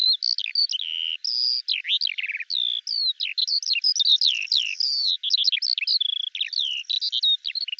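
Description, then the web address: Eurasian skylark song, a continuous rapid stream of varied chirps, short trills and slurred whistles with hardly a pause, no other sounds. "Deverinetal 2025 File cleaned normalized Bird Al Ar"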